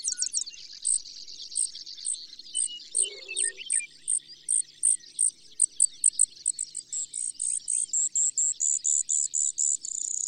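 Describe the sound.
Brewer's sparrow singing a long, high-pitched sequence of separate chipping notes that speed up into rapid trills near the end.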